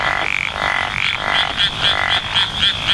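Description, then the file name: Japanese wrinkled frog producing rapidly repeated rasping croaks above a persistent high insect-like tone. "tsuchigaeru"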